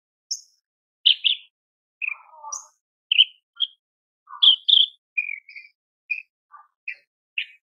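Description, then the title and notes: Horsfield's bush lark song: an irregular run of short chirps, buzzy notes and brief trills at varied pitches, each separated by short pauses, with no other sounds. Branjangan song described as super gacor (very lively), in a masteran recording for training cage birds. "MASTERAN KICAUAN BRANJANGAN SUPER GACOR. cucak jenggot"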